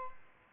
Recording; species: mosquito wingbeat signal from an infrared sensor; Aedes albopictus